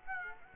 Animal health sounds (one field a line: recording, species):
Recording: mosquito wingbeat signal from an infrared sensor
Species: Aedes aegypti